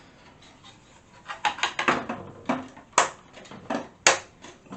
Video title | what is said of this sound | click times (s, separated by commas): I Finally Started Building My Free Gaming PC Part 7 | you hear the clicks, and then give it a good push. | 3.0 s, 4.1 s